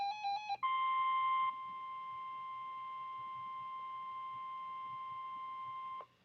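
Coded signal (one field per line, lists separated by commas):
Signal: Emergency Alert System (SAME) tones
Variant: 1050 Hz attention tone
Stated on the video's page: Severe thunderstorm watch expansion alert tones covering Hunt and Kaufman counties, Texas.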